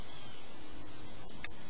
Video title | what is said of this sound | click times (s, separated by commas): Double Barrel Arrow Loader | point is 2 fingers to push it over evenly, pops right in. | 1.4 s